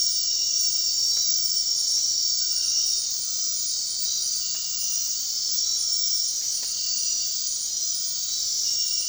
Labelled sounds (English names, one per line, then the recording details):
none
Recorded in dense forest near Puerto Asís, Putumayo, Colombia, on 21 March 2025 at 22:00
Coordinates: 0.499, -76.324
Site GP03